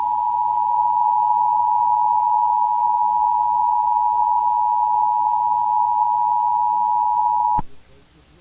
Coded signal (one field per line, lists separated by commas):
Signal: Emergency Alert System (SAME) tones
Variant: 853 and 960 Hz attention tone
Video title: EAS scenario: Insane Mickey (EAS scenario)